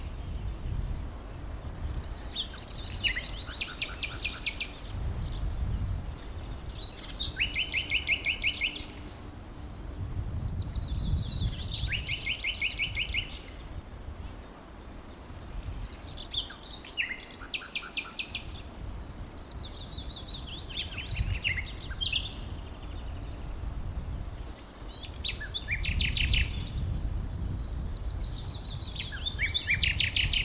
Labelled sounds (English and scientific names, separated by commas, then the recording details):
Common Nightingale (Luscinia megarhynchos)
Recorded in the wild
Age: adult
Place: Blankenfelde, Berlin, DE
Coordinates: 52.625, 13.404
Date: 1992-05-01 10:35
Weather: heiter bis wolkig, böiger Wind, 16 °C
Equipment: Nagra SN, Mikrofon AKG CK 8, Kopie Tesla B 116
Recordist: Tembrock, Günter